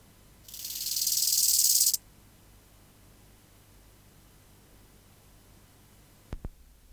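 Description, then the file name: Bow-winged grasshopper song: one loud, crescendoing high rasp lasting about one and a half seconds, followed by quiet and two brief clicks near the end. "Chorthippus biguttulus"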